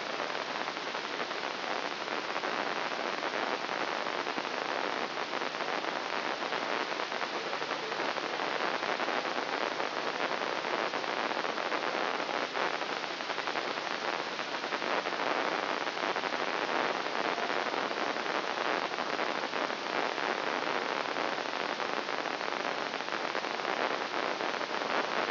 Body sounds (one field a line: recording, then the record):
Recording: brain microelectrode recording played as sound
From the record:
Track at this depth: inside the subthalamic nucleus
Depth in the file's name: 3.908 mm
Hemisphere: left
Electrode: 2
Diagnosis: Parkinson's disease